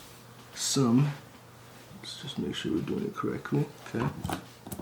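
A rechargeable battery is handled at the battery compartment of a DJI Osmo Action camera body while someone talks, with brief handling noises near the end. Nothing has seated or clicked into place yet.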